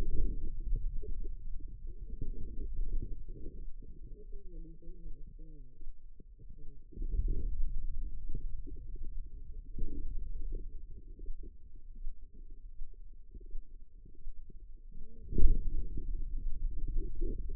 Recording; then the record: forearm muscle sounds (acoustic myography)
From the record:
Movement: hand opening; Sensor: system 2, bracelet of six BSWA MPA416 microphones around the upper forearm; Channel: 4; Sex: female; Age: 25 years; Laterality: right